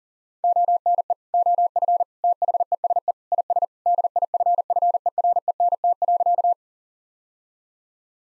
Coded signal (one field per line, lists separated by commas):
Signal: Morse code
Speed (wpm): 40 wpm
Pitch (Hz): 700 Hz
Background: none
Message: ONE OF THESE IS DIFFERENT.